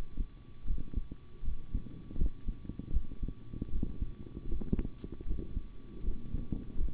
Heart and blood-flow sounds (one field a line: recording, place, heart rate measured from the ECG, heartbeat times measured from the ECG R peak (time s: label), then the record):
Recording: heart sounds by stethoscope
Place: between the tricuspid and mitral areas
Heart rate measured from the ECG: 79 bpm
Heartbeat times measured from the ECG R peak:
0.65 s: heartbeat
1.43 s: heartbeat
2.17 s: heartbeat
2.91 s: heartbeat
3.70 s: heartbeat
4.47 s: heartbeat
5.25 s: heartbeat
6.03 s: heartbeat
6.76 s: heartbeat
From the record:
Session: rest, sitting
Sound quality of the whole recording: good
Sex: male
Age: 25 years